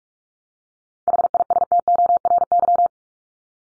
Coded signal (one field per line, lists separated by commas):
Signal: Morse code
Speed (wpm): 44 wpm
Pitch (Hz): 700 Hz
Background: none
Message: HISTORY